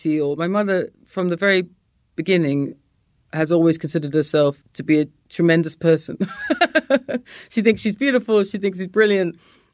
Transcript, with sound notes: my mother, from the very beginning, has always considered herself to be a tremendous person (laughter). She thinks she's beautiful. She thinks she's brilliant.